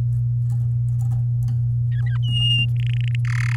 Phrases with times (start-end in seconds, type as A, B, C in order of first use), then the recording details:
1.92-2.17 A, 2.22-2.65 B, 2.76-3.15 C, 3.25-3.56 D. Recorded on 11 May 2018 at 05:31. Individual llb16